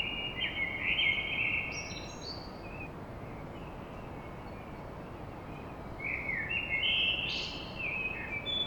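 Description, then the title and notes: Common blackbird: a warbled phrase ending in high twitters, a quiet gap, then another mellow phrase with a squeaky finish, over background hiss. Blackbird song at dawn in Paris. "Blackbird Poetry At Paris. Enregistrement d'un chant de merle à l'aube dans Paris"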